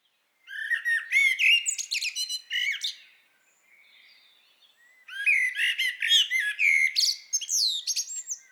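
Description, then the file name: Common blackbird delivering two long phrases of rapid warbled and twittering notes, with sharp upward slurs, separated by a quiet gap of about two seconds. "Turdus merula"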